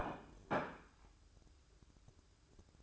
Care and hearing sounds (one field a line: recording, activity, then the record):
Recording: daily activity, microphone in the room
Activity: place plate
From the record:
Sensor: 2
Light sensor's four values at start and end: 7/17/7/7 and 7/17/7/7